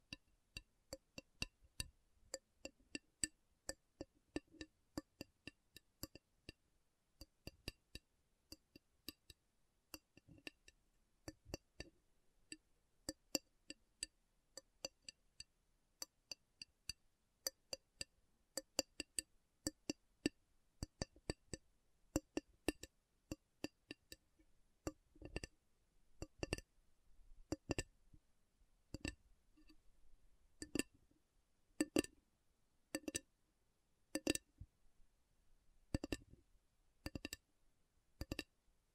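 Slow tapping on metal, each tap a sharp bright click with a short ring, spaced irregularly and sometimes clustered in quick pairs. Taps come steadily through the whole stretch, growing a little louder and more evenly spaced toward the end, with near silence between them.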